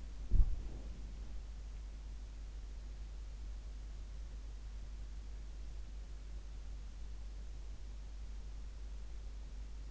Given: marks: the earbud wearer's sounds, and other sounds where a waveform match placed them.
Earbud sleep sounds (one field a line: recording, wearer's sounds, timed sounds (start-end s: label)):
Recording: sounds in sleep by an in-ear microphone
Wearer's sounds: body movement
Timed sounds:
0.00-1.36 s: body movement